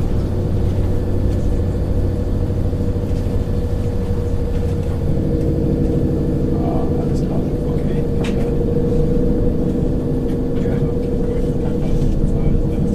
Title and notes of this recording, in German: Nächtliche Zugreise. Der sanfte Rhythmus der Schienen und das beruhigende Surren des Zuges